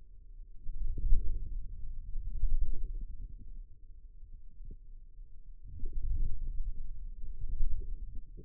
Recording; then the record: forearm muscle sounds (acoustic myography)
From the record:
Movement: inward rotation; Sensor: system 2, bracelet of six BSWA MPA416 microphones around the upper forearm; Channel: 4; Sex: male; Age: 22 years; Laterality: right